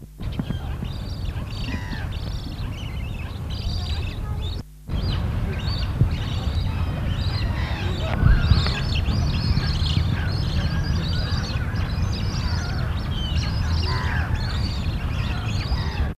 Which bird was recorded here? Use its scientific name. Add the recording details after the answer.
Threskiornis aethiopicus. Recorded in captivity. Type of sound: call. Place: Tierpark Hagenbeck, Hamburg, DE. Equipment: Halbspur, 9,5 cm/s. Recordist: Lütgens, Hans. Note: Junge